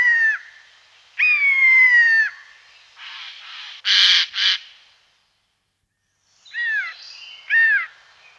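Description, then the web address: Eurasian jay giving a short note, then a long flat tonal call, then a few broad harsh screeches and more short bent notes. "Skovskade"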